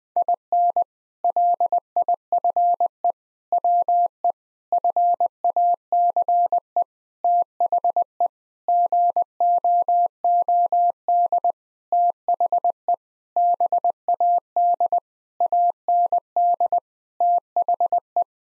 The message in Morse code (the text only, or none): IN LIFE WE FACE THE GOOD THE BAD AND THE